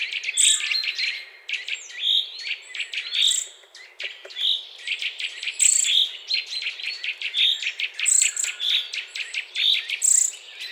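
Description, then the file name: Eurasian nuthatch calls: short clear notes near the same pitch, repeated, with thin higher squeaks and clicking sounds throughout. "Sitta europaea"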